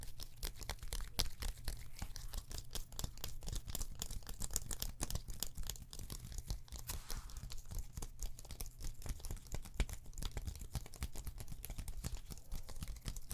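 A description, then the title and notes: Massage sounds of hands rubbing skin, a dense, steady stream of quick crinkly strokes and taps over a constant low hum. ASMR Relaxing Neck & Shoulders MASSAGE (No Talking) Layered Sounds.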